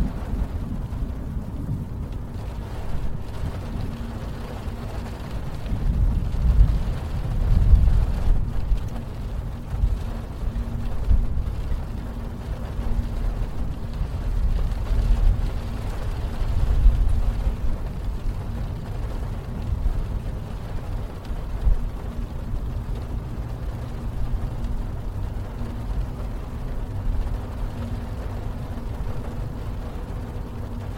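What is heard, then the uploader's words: Rain patters on a car roof over a low, steady engine rumble while driving, with brief swells of louder low rumbling around 7–17 seconds. Driving in the rain | solf thunder | inside car Ambience | rain on car roof.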